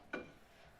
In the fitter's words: it locks in place if you depending